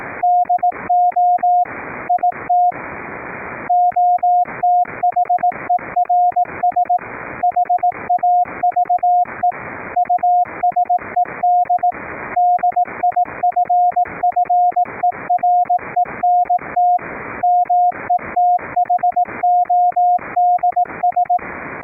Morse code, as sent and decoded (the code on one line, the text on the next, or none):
-.. --- / .. - / --- - .... . .-. ... / .... .- ...- . / ..- ... . -.. / -.. .. ..-. ..-. . .-. . -. - / -- . - .... --- -.. ...
DO IT OTHERS HAVE USED DIFFERENT METHODS